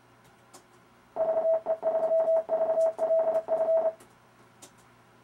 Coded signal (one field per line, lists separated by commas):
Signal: Morse code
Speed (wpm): 29 wpm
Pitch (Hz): 650 Hz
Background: none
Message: VE3VLF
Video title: Demonstration of RufzXP Morse Code practice program